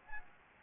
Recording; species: mosquito wingbeat signal from an infrared sensor; Anopheles gambiae